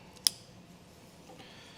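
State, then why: Seated. A Curt 5th wheel/gooseneck custom wiring harness plug, greased with dielectric grease, is lined up with the snap and pushed into the truck bed plug mounting opening on a 2020 GMC Sierra 2500. A faint tick at 0.2 s comes before one loud, sharp plastic click at 0.3 s, followed by quiet background. The plug is seated.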